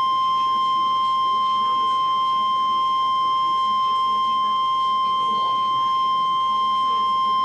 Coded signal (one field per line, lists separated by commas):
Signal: Emergency Alert System (SAME) tones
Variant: 1050 Hz attention tone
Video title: Real EAS #230 - 231: Tornado Warnings